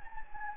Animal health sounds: mosquito wingbeat signal from an infrared sensor; Anopheles gambiae

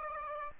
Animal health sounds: mosquito wingbeat signal from an infrared sensor; Aedes aegypti

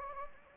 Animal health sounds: mosquito wingbeat signal from an infrared sensor; Anopheles gambiae

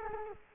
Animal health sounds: mosquito wingbeat signal from an infrared sensor; Culex quinquefasciatus

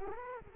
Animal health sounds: mosquito wingbeat signal from an infrared sensor; Culex quinquefasciatus

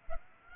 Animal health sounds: mosquito wingbeat signal from an infrared sensor; Aedes aegypti

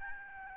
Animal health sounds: mosquito wingbeat signal from an infrared sensor; Aedes albopictus

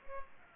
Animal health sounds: mosquito wingbeat signal from an infrared sensor; Culex pipiens

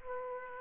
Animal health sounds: mosquito wingbeat signal from an infrared sensor; Aedes aegypti

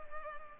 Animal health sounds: mosquito wingbeat signal from an infrared sensor; Culex pipiens

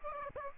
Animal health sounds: mosquito wingbeat signal from an infrared sensor; Aedes aegypti

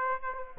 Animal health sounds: mosquito wingbeat signal from an infrared sensor; Aedes aegypti

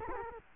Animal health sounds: mosquito wingbeat signal from an infrared sensor; Culex quinquefasciatus

